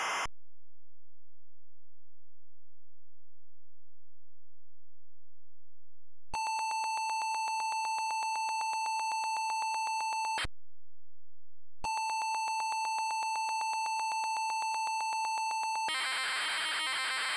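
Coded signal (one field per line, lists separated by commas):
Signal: ZX Spectrum tape loading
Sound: quiet hum, then two steady buzzy lead tones with a pause, then harsh data noise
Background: low hum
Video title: Green Beret Sinclair ZX Spectrum | Loading & Gameplay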